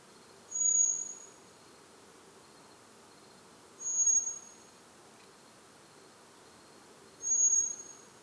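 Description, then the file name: Common blackbird calling three times with thin, high, level whistles at a regular spacing of about three seconds, faint hiss behind. "Turdus merula"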